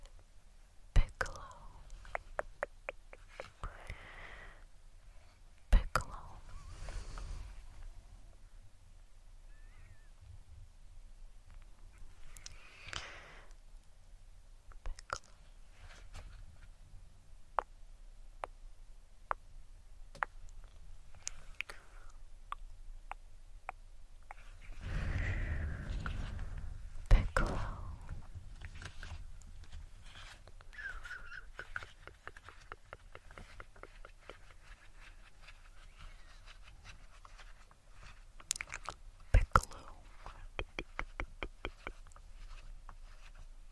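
Mouth sounds with sharp tongue clicks scattered irregularly throughout, plus wet smacking and brief nasal, honk-like vocal noises, loudest around 25–28 seconds.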